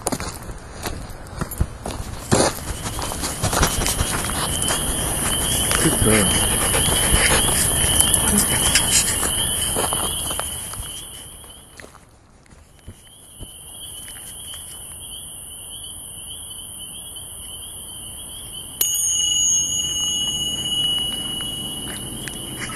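Crunching footsteps and rustling fill the first ten seconds, over a steady high chirr of insects. The movement fades near the twelve-second mark, leaving the insect drone alone, then a thin, bright whine and a slightly louder wash of sound enter around nineteen seconds.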